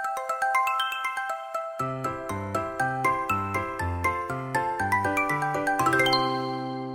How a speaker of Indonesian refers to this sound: Nah anak-anakku, kali ini ibu akan mengajak kalian mendengarkan cerita tentang alat komunikasi dengan judul Dering Telepon.